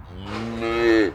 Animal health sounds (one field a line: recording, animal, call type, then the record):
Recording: contact call of a hoofed animal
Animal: cattle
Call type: low-frequency (closed-mouth) or high-frequency (open-mouth) call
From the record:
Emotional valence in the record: negative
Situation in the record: full separation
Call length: 1.16 s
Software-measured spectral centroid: 1700 Hz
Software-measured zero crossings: 1320 a second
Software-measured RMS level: -22 dBFS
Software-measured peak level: -6 dBFS